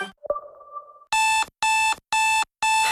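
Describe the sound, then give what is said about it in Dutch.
An alarm clock goes off for getting up early: a short thin tone and click, then four loud, bright, evenly spaced ringing bursts with brief gaps between them. No one speaks. “Wat een ramp, hè? Vroeg opstaan.”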